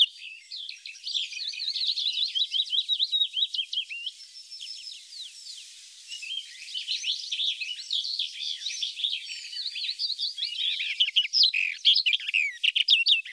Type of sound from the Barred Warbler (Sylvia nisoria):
song